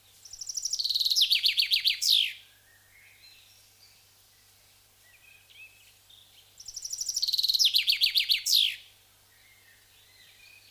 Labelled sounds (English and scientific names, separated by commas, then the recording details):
Common Chaffinch (Fringilla coelebs) song
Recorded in the wild
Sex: male
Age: adult
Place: Schönholzer Heide, Berlin, DE
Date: 1999-05-16 13:20
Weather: fair, 13 - 14°C
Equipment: Sony MD-WM MZ-R3, Sennheiser MKH 416 T, Kopie Uher 4000 Report Monitor
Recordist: Tembrock, Günter